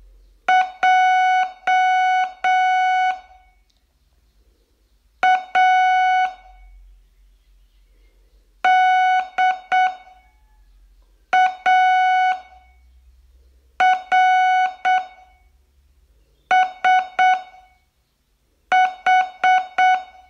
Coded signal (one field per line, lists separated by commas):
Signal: Morse code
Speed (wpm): 7 wpm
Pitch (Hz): 740 Hz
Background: none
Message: JADARSH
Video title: Learn Morse in 42 Days from VU2LAU - day19